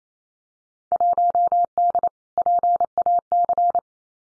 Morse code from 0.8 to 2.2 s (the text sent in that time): 1D